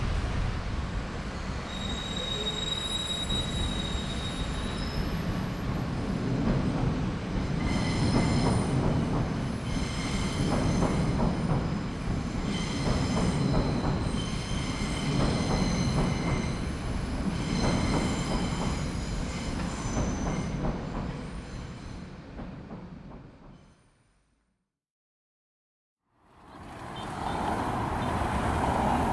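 City traffic rumbles in a dense, steady low roar, with bright squealing tones layered on top from about 7 to 20 seconds, like rail wheels grinding. The sound fades out around 23 seconds, falls silent briefly, then a different traffic scene fades back in.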